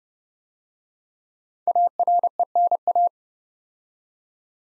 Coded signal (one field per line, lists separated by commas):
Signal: Morse code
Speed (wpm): 30 wpm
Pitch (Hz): 700 Hz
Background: none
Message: ARENA